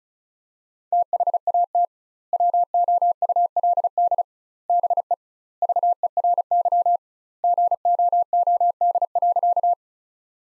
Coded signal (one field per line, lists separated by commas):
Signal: Morse code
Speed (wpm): 36 wpm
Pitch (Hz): 700 Hz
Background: none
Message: THAT WOULD BE VERY GOOD.